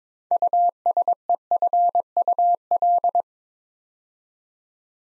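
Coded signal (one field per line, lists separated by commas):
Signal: Morse code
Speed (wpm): 22 wpm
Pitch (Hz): 700 Hz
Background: none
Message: USEFUL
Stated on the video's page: Morse practice building 6-letter words two letters at a time at 22 wpm, for instant character recognition training.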